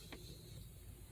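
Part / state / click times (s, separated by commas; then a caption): plastic battery-area piece with locking tabs into battery tray / not seated / none. A plastic battery-area piece with locking tabs is handled over the battery tray of a 2019 Chevy Malibu, set down to be slid toward the front of the car. A brief soft plastic handling knock comes at 0.1 s over a steady low hum. Nothing has seated or clicked yet; the locking tabs have not locked into place.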